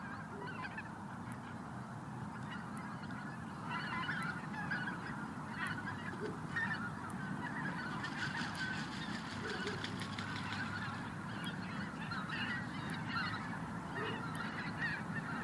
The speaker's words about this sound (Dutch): Ja, ganzen vliegen over de buitenmicrofoon en boven het Naardermeer ook hele grote groepen die opstijgen naar in de verte. Ja, ik kan het moeilijk zien. Dat zullen ook ganzen zijn.